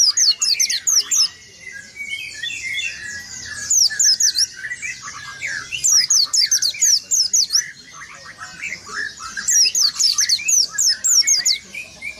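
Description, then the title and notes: White-eye song: rapid high, thin chirps and twittering notes in bursts, with softer lower whistles underneath. "Burung Peci. pleci"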